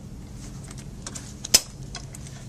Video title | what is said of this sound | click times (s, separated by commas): How to assemble a Graco Lovin' Hug® Infant Swing | we go and it clips | 1.6 s